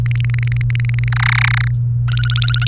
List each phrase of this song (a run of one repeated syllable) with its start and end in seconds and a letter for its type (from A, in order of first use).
0.06-1.08 A, 1.12-1.68 B, 2.08-2.67 C